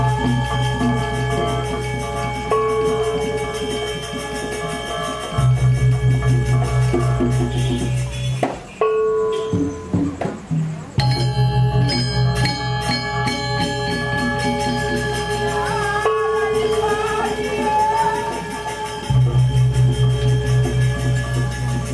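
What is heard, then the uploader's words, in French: At the Puri Saren Agung palace in Ubud, dense layers of ringing, bell-like metallic tones play steadily over a pulsing low hum. Around the eighth second the sound drops to a sparse, quieter stretch, then the full ringing texture resumes and continues to the end. Puri Saren Agung, le palais d’Ubud. C’est un endroit qui donne sur la rue principale (Jalan Raya Ubud).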